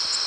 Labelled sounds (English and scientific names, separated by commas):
Nashville Warbler (Leiothlypis ruficapilla) flight call